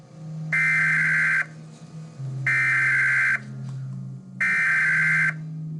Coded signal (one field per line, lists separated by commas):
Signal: Emergency Alert System (SAME) tones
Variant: header bursts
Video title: EAS Bulletins Nick Jr (September 16 2015)